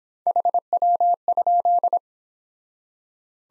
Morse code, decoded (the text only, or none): HW?